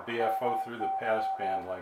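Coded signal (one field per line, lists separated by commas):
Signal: Morse code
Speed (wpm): 21 wpm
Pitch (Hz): 770 Hz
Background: speech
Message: MY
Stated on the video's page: Heard on a Drake 2-A receiver, a triple conversion superhet with 50 kHz IF and passband tuning.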